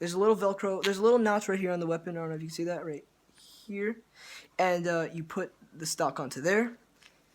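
Someone talks while pushing a folded cardboard-and-duct-tape stock onto a small Velcro notch on the side of a cardboard replica MP5K PDW gun. A faint, short tap is heard near the end, but the stock fails to catch on the notch, and nothing has seated yet.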